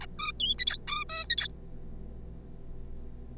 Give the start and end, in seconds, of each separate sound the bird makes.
0.01-0.06, 0.18-0.32, 0.38-0.54, 0.58-0.78, 0.87-1.04, 1.09-1.25, 1.30-1.48